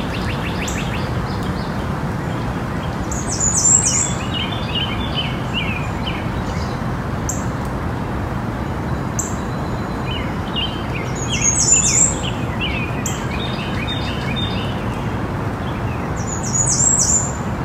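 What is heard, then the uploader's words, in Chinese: Birdsong over a steady rush of wind that fills the low end throughout. A high, bright bird call bursts out around 4, 12 and 17 seconds, with softer chirps and twittering scattered in between. 鸟鸣 风声。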